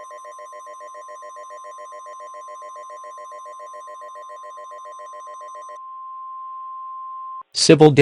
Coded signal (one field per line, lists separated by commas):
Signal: Emergency Alert System (SAME) tones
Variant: 1050 Hz attention tone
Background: speech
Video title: EAS Scenario West Eruption of 2028